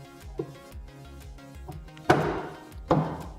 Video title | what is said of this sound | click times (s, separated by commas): ORACLE Lighting Flush Style LED Tail Lights for 2015 2020 Ford F 150 Installation Guide | right so we've got our tail light snapped back into place and plugged in we'll go ahead and reinstall | 2.1 s, 2.9 s